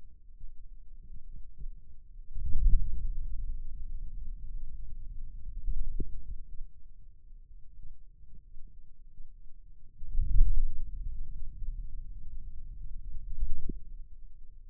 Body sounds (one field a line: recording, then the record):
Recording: forearm muscle sounds (acoustic myography)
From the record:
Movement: wrist flexion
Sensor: system 2, bracelet of six BSWA MPA416 microphones around the upper forearm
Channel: 6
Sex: male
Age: 22 years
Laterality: right